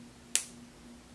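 A plastic cap is pressed down onto the end of a brow pencil, giving a single sharp, bright snap at 0.4 s that fades quickly over a quiet background with a low steady hum. The cap seats firmly on the pencil.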